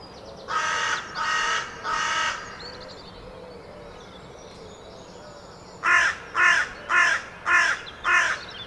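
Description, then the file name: Carrion crow cawing three times, pausing several seconds, then giving a run of five harsh caws. "Corvus corone"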